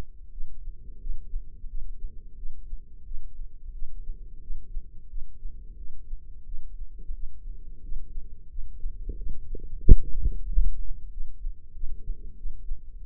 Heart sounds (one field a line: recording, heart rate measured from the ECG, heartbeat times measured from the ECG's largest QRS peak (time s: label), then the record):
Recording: heart sounds by microphone in the left ear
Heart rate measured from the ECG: 90 bpm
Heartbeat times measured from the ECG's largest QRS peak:
0.30 s: heartbeat
0.99 s: heartbeat
1.67 s: heartbeat
2.35 s: heartbeat
3.03 s: heartbeat
3.72 s: heartbeat
4.40 s: heartbeat
5.08 s: heartbeat
5.76 s: heartbeat
6.44 s: heartbeat
7.13 s: heartbeat
7.81 s: heartbeat
8.49 s: heartbeat
9.16 s: heartbeat
9.82 s: heartbeat
10.46 s: heartbeat
11.10 s: heartbeat
11.73 s: heartbeat
12.35 s: heartbeat
12.99 s: heartbeat
From the record:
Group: healthy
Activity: rest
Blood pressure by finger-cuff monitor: 97/58 mmHg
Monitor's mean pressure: 73 mmHg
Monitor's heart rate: 88 bpm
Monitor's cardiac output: 6.8 L/min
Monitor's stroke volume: 77 mL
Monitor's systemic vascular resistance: 760 dyn s/cm5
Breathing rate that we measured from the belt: 17 breaths a minute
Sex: female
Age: 43 years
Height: 160 cm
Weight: 90 kg